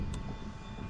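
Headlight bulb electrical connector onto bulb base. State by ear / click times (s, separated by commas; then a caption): seated / 0.1 s. A plastic electrical connector on a 2008 GMC Sierra 1500 headlight bulb is lined up by its slot and groove and pushed onto the bulb base. Over a steady low rumble, a short sharp click at 0.1 s marks the connector snapping on and seating.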